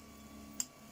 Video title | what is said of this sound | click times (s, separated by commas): Making the 3D printed clips | You could hear them clicking when I pull them off. | 0.6 s